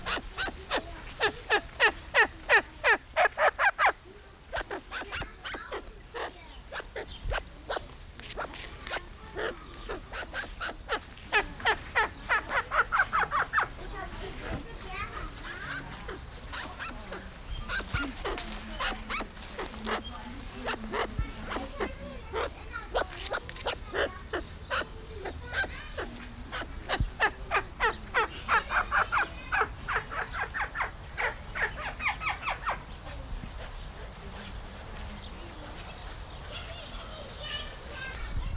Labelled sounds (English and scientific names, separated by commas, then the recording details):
Arabian Partridge (Alectoris melanocephala) call
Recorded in captivity
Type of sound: call sequence
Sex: male
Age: adult
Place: Tierpark Berlin, Berlin, DE
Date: 1995-05-21 15:34
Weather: wolkig, 17°C
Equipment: Marantz CP 430, Sennheiser ME 80, Kopie Uher 4000 Report Monitor
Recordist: Tembrock, Günter
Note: Männchen (?): erst am Gitter, dann nach hinten laufend, Lautfolgen